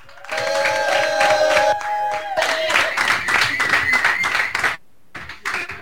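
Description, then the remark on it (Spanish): An audience breaks into loud, steady applause mixed with cheering and whoops, lasting several seconds before cutting off abruptly, followed by a few scattered sounds. “Aplausos, por favor.”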